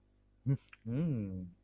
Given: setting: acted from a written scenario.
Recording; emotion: vocal sound without words; interest